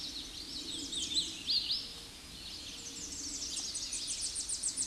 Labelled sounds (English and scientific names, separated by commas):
Hooded Warbler (Setophaga citrina) song